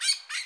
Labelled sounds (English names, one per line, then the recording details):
Brown-throated Parakeet contact call
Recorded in Bonaire
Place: just S of turnoff to Cai, near Lac Bay
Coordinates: 12.126, -68.239